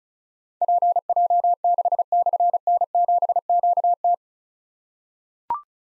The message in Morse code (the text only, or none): PJ6/N7QT